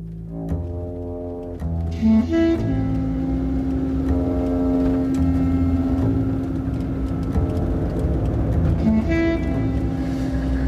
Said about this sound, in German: Findest du nicht, dass der Wagen seltsame Geräusche macht?